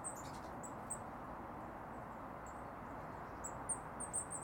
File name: Cyanistes caeruleus